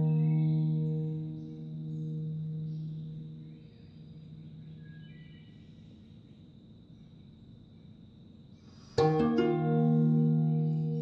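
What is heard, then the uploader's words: A guzheng note rings low and full at the start, then slowly fades over several seconds, leaving a soft hiss. Around nine seconds a sharp, bright pluck sounds, and a new rich tone blooms and sustains through the end. Solo guzheng piece. The birds are chirping as you can hear in the recording. In the early morning.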